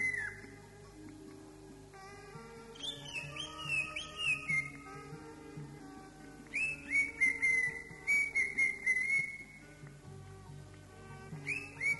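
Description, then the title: Oriental magpie-robin delivering bursts of slurred, falling whistles and fast chattering notes between short pauses, with a faint continuous hum behind. "Kicau Kacer"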